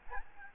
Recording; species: mosquito wingbeat signal from an infrared sensor; Aedes albopictus